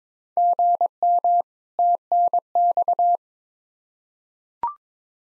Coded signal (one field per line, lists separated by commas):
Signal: Morse code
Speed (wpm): 22 wpm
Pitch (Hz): 700 Hz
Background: none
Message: GM TNX